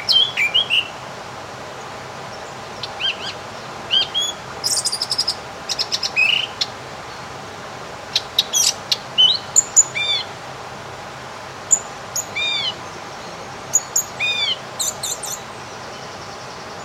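Birds sing in quick, bright chirps and short trills scattered through the whole stretch, with busier bursts around four to six seconds and again near eight to ten. Repeated rising whistles cluster near the end. A steady low hum sits underneath throughout.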